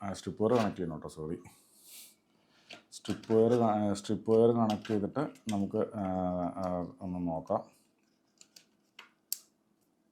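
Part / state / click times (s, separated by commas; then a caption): ribbon cable connector into relay circuit board header / seated / 9.3 s. Someone talks while a ribbon (strip) wire connector is lined up with the header of a replacement power relay card in a Crompton motor starter panel. A few faint taps follow around 8.4 to 9.0 seconds, then a single press gives a sharp snap at 9.3 seconds as the connector locks into the relay card on both sides.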